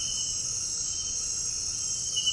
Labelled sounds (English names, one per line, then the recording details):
none
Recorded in dense forest near Puerto Asís, Putumayo, Colombia, on 4 March 2025 at 18:00
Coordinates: 0.484, -76.325
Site G045